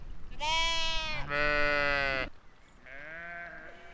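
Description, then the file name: Sheep bleating, two long harmonic-rich bleats back to back, then a softer, wavering bleat after a short pause, with low rumbling background noise. Sheep at Val d'Ajol. "moutons val dajol"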